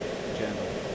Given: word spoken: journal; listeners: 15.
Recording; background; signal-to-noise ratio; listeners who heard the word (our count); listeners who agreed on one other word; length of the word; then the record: one English word in noise, from a listening test; speech-shaped noise; -4.1 dB; 1 of 15; 10 of 15; 0.55 s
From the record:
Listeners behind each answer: 10, 1, 1, 1, 1, 1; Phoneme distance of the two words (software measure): 24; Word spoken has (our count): 2 syllables, 4 phonemes, stress on syllable 1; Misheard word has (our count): 2 syllables, 6 phonemes, stress on syllable 1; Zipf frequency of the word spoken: 3.63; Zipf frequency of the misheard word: 5.05